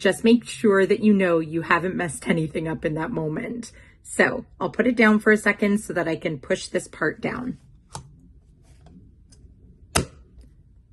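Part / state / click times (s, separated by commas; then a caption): glucose sensor applicator into sensor pack / seated / 10.0 s. A woman talks, then the plastic applicator top of a Freestyle Libre 2 glucose sensor is put down and pushed into the sensor pack bottom. After faint handling noises, it locks in with one loud, sharp click at 10.0 s. The click is normal, and the two pieces now act as one.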